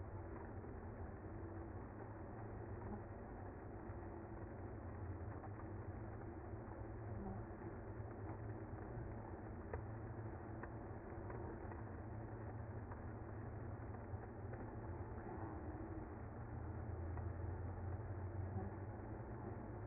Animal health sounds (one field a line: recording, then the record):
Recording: honeybee colony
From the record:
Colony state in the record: active